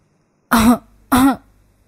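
Two short, soft throat-clearing coughs, evenly spaced about half a second apart, each with a rough voiced rasp, heard alone with no talking.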